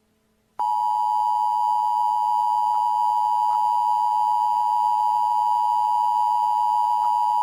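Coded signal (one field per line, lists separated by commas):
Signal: Emergency Alert System (SAME) tones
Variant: 853 and 960 Hz attention tone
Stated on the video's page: Fictional Halloween EAS scenario; simulated alert.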